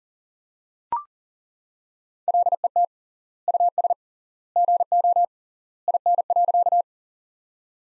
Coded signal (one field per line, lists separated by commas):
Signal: Morse code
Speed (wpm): 40 wpm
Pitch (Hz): 700 Hz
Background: none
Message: LET US GO IN.